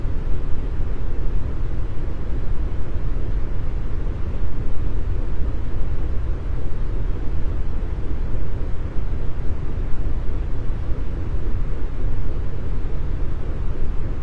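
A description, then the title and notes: Steady, dense brown noise fills all fourteen seconds, a deep even rumble with muted highs, unchanging in level and free of distinct events. Brown Noise.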